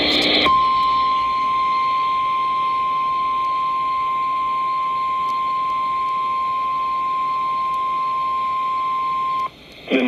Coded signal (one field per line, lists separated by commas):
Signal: Emergency Alert System (SAME) tones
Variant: 1050 Hz attention tone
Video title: Severe Thunderstorm Warning #1 (5/1/24) (New EAS 440)